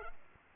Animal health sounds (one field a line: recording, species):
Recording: mosquito wingbeat signal from an infrared sensor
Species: Culex pipiens